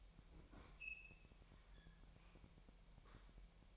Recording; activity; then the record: daily activity, microphone in the room; open fridge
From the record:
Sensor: 1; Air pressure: 1002.0 hPa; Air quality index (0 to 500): 244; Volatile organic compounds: 49 ppm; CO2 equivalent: 3288 ppm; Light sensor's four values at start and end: 8/28/10/11 and 8/28/10/11